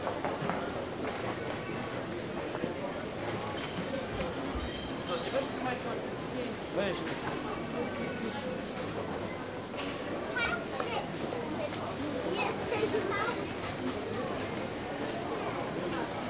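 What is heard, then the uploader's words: A busy marketplace hums with dense, overlapping chatter throughout, punctuated by scattered clinks and knocks and occasional brief footsteps or hoof-like clops. The Marketplace.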